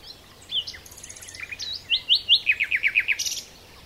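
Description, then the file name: Common nightingale song: a few sweet whistled notes, then a fast series of loud repeated rising-falling notes, ending with a short buzzy burst. "Luscinia megarhynchos"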